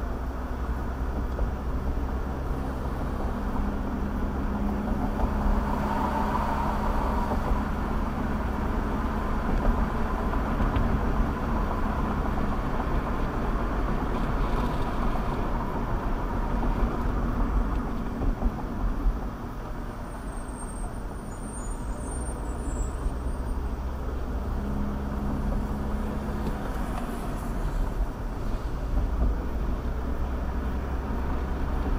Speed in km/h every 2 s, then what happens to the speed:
39, 44, 47, 50, 55, 58, 60, 58, 53, 44, 35, 35, 40, 42, 39, 40.
0-11 speeds up to 60. 11-20 slows to 35. 20-25 speeds up to 42. 25-32 steady at about 40.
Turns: none.